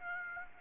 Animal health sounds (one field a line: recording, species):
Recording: mosquito wingbeat signal from an infrared sensor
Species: Aedes aegypti